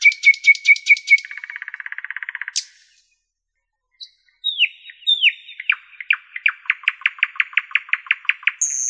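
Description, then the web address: Nightingale song opening with rapid repeated notes and a lower rattling trill, pausing, then a run of down-slurred whistles building into a fast, evenly spaced series. "spiew ptakow piesn slowika"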